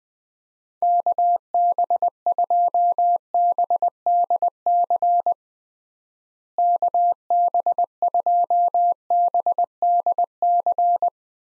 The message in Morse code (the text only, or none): KB2BDC KB2BDC